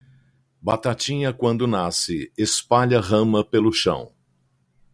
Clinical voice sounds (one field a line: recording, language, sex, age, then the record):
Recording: short text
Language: Brazilian Portuguese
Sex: male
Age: 60 to 69 years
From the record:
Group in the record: control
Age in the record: 63 years